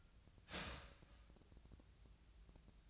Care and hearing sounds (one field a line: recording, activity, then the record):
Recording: daily activity, microphone in the room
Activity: start toaster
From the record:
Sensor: 2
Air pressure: 1009.2 hPa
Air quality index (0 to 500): 187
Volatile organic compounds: 11 ppm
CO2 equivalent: 2320 ppm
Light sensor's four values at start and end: 19/48/20/22 and 13/34/14/15